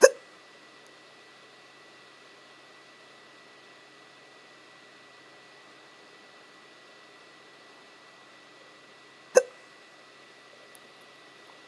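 Two sharp, abrupt hiccup sounds from an adult, one at the start and another about nine seconds later, separated by near silence with a faint steady background hum. The sudden gulping bursts fit ordinary hiccups.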